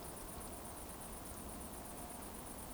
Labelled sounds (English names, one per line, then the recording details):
Eurasian Woodcock whistle
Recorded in Baden-Württemberg, Germany, on 24 June 2020 at 20:22 UTC
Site 14569, 102 m above sea level